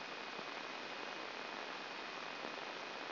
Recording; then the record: brain microelectrode recording played as sound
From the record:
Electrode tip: outside the subthalamic nucleus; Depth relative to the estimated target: 4 mm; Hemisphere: right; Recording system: AlphaMap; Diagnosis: Parkinson's disease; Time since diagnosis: 16 years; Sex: male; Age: 60 years